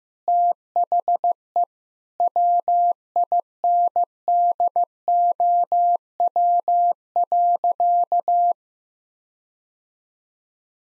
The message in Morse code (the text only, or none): THE WINDOW.